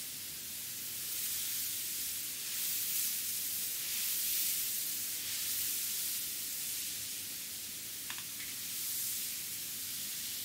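A head and scalp massage heard up close as a steady, bright brushing hiss, like fingers rubbing through hair. The sound swells and eases gently every couple of seconds, and a brief soft click comes near the eighth second.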